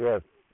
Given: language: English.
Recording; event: throat vibration sensor signal played as sound; speech